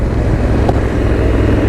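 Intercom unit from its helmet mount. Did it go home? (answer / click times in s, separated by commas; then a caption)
released / 0.7 s. A rider pulls the release tab and pops a communication intercom unit off its helmet mount, releasing it. A single sharp hit is heard at 0.7 s over a steady, low, rumbling vehicle-like background noise.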